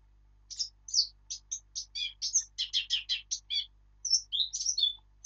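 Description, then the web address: Eurasian blackcap song: a rapid run of bright, varied warbling notes, with a short pause before a final clearer flourish; faint low hum in the background. "birdsong Sylvia atricapilla"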